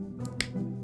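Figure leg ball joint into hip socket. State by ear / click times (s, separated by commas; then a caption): seated / 0.4 s. A plastic ball joint on the leg of a Bandai Namco MechaGodzilla 2002 action figure is pushed into its hip socket. A faint tick at 0.3 s is followed by a sharp, bright snap at 0.4 s over a steady low hum. The click confirms the joint is seated in the socket.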